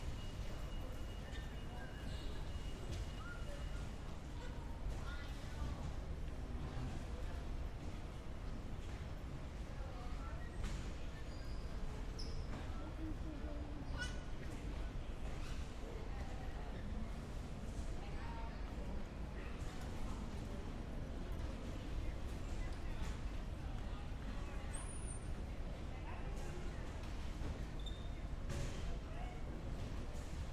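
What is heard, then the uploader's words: Airport terminal ambience with a steady low rumble, a dense murmur of voices, and occasional faint clinks and brief bright tones. Airport ambience, Los Angeles. Sounds from inside the terminals at the major Los Angeles LAX airport. Recorded by Marcel Gnauk.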